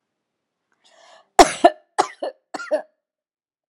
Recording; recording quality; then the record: heavy voluntary cough; excellent, no background noise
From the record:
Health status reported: healthy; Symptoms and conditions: none ticked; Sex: female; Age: 45 years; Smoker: not ticked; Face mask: not worn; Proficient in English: yes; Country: India